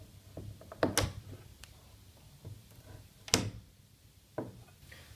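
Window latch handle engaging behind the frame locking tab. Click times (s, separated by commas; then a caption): 0.8 s, 3.3 s. A window is pulled closed and each small latch handle is turned so it drops in behind the frame's locking tab, with sharp clicks at 0.8 s and 3.3 s as the little gray button pops out. Softer knocks and handling sounds fall around them, including a thump at 4.4 s. Both handles seat and lock.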